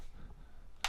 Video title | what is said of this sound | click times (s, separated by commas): X-Dragon 25000mAh Portable Power Bank (REVIEW) | so you hear a click and now it's attached and there | 0.8 s